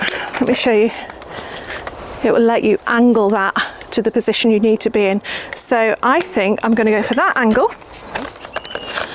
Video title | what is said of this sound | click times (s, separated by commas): How you can tell if your plants are ready to move #gardening #gardentips #prunarbo | And then, yeah, that clicks on. You heard that click. | 8.8 s